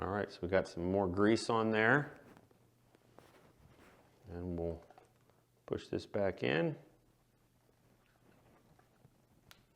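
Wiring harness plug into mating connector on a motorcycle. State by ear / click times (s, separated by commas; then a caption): seated / 9.5 s. Someone talks while a plastic wiring harness plug on a Yamaha YZ 250FX dirt bike, freshly packed with dielectric grease, is pushed back into its mating connector. After a few faint taps and handling sounds, a single sharp latch click is heard at 9.5 s. The connector is seated and good to go.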